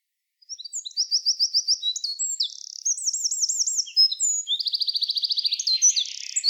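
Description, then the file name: Eurasian wren song: high, fast rattling trills alternate with shrill, varied twitters, several fast trills strung together in a long, energetic outpouring. "Troglodytes troglodytes"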